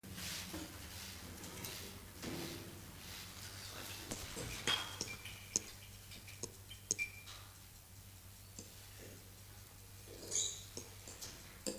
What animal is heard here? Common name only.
Ring-tailed Lemur